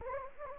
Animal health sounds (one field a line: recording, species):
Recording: mosquito wingbeat signal from an infrared sensor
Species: Anopheles gambiae